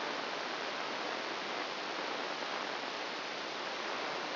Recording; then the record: brain microelectrode recording played as sound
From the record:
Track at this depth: inside the subthalamic nucleus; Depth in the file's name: 2.004 mm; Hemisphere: left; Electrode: 1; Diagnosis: Parkinson's disease